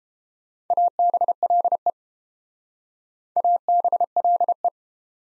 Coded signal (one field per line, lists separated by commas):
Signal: Morse code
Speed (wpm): 29 wpm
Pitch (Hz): 700 Hz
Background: none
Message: ABLE ABLE